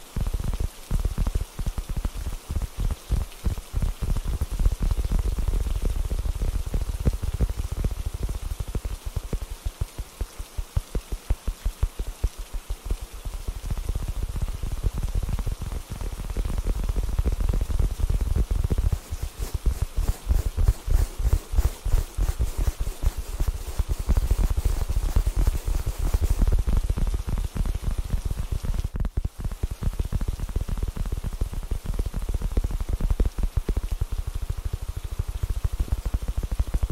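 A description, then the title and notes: Rapid tapping over steady rain, with a constant hiss and a heavy low rumble underneath. The taps come in dense, uneven runs, sharpest and brightest from about 19 to 26 seconds, with a brief quieter gap near 29 seconds. ASMR Fast & Calming Tapping With Rain Sounds (No Talking).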